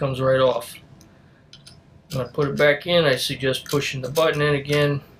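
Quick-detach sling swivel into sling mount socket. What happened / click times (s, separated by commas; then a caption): The latch is being handled but has not yet seated / none. Someone talks while handling a quick-detach sling swivel on a Sig Sauer MPX, bringing it back toward the sling mount socket with the button pushed in. A few faint ticks sound between about 1.0 and 1.7 seconds during a pause in the talking. The clip ends before the swivel goes in, so nothing has seated or latched yet.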